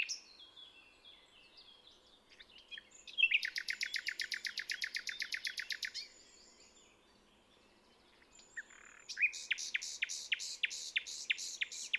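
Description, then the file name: Common nightingale song: varied whistles and chirps, then a long fast buzzy trill of repeated notes, a pause, and another rapid series of sharp repeated notes. "Luscinia megarhynchos"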